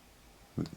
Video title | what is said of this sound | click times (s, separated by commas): A Short and Convoluted History of the Semin Bayonet | reverse and it just locks into place again caught by | 0.6 s, 0.7 s